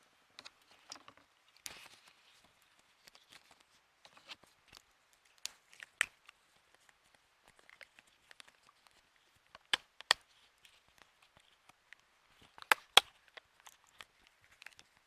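DIY stress balls being made, with sparse, irregular crackles and small snaps over near silence. Louder sharp snaps stand out around 2, 6, 10 and 13 seconds, while faint crinkly ticks scatter between them.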